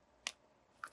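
Someone presses the two plastic lens tabs at the bottom of a JT Proflex X paintball goggle into the goggle frame, pushing the two parts together by hand. Two sharp snaps are heard at 0.3 s and 0.8 s, the first louder, over a quiet background. Both tabs snap in and the lens is seated in the frame.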